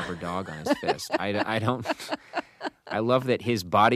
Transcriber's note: laughter